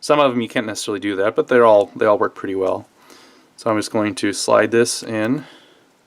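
Someone talks while a plastic back piece is being slid onto a vampire light socket over the wire. The clip ends just before the part goes home, so nothing has seated or clicked yet.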